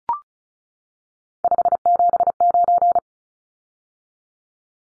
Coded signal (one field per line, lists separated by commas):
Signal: Morse code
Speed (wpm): 34 wpm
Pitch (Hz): 700 Hz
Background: none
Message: 579